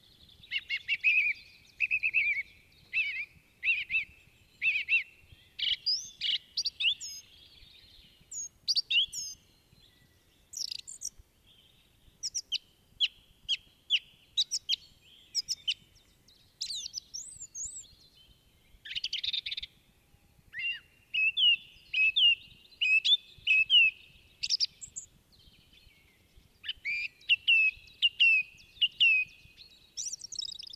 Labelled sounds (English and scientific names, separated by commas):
Song Thrush (Turdus philomelos) song